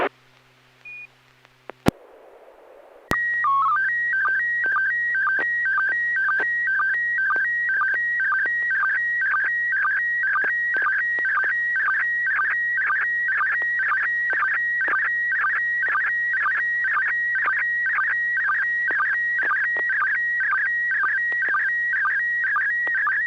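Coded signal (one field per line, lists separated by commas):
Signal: SSTV (slow-scan television)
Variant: PD120 mode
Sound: short clicks, then a warbling tone header and steady chirping scan lines with regular ticks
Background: low hum, FM radio hiss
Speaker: ai 60g you're the first one i heard would you uh are you ready to send an image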